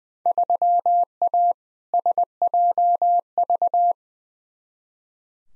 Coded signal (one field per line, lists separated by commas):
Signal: Morse code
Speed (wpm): 20 wpm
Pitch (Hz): 700 Hz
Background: none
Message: 3A SJV